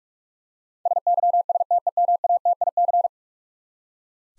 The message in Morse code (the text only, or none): SYSTEMATIC